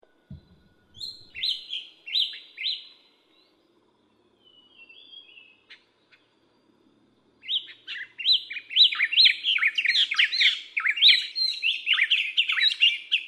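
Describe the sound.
Bronzed drongo calls: bright chirps and slurred whistles, a short series early, a pause with soft notes, then a long rapid run of varied phrases.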